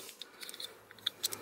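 A factory plastic plug from a 2018 Toyota Tacoma is pushed into the mating connector of a new aftermarket remote-start wire harness under the dash. Several short, crisp plastic ticks and rubs are heard, with the loudest sharp click at 1.1 s as the connector seats. The connector is seated.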